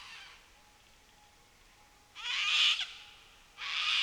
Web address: Les Cartes Postales Sonores NOISE ON EARTH Vol 7 AUSTRALIA Les Cartes Postales Sonores - Cocatoes of Nightcap NP